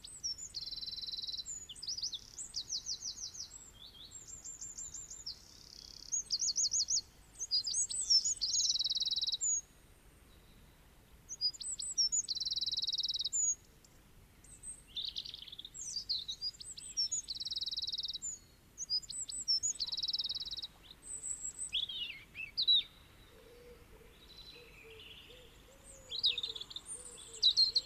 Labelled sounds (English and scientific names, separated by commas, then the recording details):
European Robin (Erithacus rubecula) song
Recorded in the wild
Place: Kaiserslautern, Rheinland-Pfalz, DE
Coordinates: 49.44, 7.74917
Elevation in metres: 254
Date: 1974-03-26
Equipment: Nagra IV, Sennheiser MKH 405, Parabolreflektor
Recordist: Tretzel, Erwin